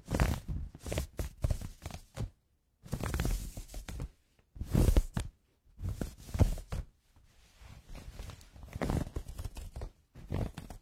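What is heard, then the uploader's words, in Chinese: Close-fitting pajamas rubbing against each other, heard as bursts of soft, rustling friction with some low thumps. The bursts come every second or so and last about a second each, separated by short silences. Around eight seconds the rustle turns thinner and more continuous. 摩擦贴身睡衣。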